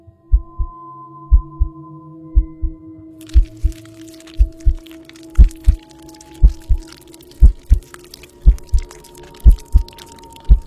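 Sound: pounding heartbeat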